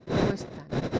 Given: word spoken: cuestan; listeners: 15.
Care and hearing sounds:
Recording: one Spanish word in noise, from a listening test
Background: noise modulated by one talker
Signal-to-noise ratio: -7.4 dB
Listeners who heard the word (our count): 1 of 15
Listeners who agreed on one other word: 6 of 15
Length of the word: 0.59 s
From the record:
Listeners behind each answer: 6, 2, 1, 1, 1, 1, 1, 1, 1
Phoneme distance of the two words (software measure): 7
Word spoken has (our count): 2 syllables, 7 phonemes, stress on syllable 1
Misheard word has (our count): 2 syllables, 6 phonemes, stress on syllable 1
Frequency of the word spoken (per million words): 3.02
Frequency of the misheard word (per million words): 40.05

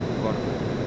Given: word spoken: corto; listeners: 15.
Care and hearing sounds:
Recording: one Spanish word in noise, from a listening test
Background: speech-shaped noise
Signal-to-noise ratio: -5.7 dB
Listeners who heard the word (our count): 1 of 15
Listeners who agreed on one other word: 7 of 15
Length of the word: 0.47 s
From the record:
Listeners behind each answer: 7, 1, 1, 1, 1, 1, 1, 1, 1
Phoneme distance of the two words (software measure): 10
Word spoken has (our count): 2 syllables, 5 phonemes, stress on syllable 1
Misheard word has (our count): 2 syllables, 5 phonemes, stress on syllable 1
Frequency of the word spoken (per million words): 54.48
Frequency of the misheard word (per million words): 38.87

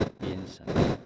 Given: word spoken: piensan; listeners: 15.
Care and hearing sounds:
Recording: one Spanish word in noise, from a listening test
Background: noise modulated by one talker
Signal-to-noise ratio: -10.4 dB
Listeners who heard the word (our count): 3 of 15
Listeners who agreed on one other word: 6 of 15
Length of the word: 0.66 s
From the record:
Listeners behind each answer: 6, 5, 3, 1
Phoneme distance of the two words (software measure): 7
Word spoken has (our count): 2 syllables, 7 phonemes, stress on syllable 1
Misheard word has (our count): 2 syllables, 6 phonemes, stress on syllable 1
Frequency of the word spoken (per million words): 22.54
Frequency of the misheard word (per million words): 69.63

